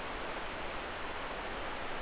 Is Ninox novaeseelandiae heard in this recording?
no